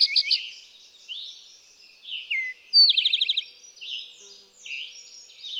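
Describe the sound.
Eastern towhee song: a rapid ringing trill partway through, amid a dense mix of chirps, slurs and whistles from other birds.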